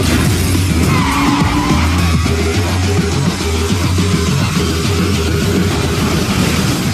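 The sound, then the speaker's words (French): A car tears along during a police chase, its engine roaring loudly and steadily while tires skid and squeal over the constant low rumble, with no voices. “Police! Stop! Arrêtez cette voiture!”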